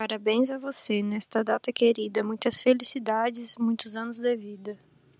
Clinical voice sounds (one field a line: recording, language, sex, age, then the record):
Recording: short text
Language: Brazilian Portuguese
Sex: female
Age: 20 to 29 years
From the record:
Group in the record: control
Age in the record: 28 years